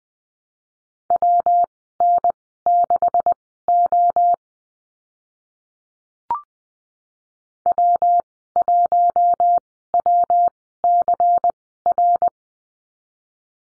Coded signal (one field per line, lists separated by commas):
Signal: Morse code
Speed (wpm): 20 wpm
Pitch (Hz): 700 Hz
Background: none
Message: WN6O W1WCR